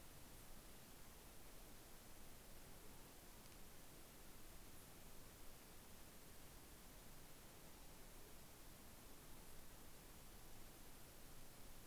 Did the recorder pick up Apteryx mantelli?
no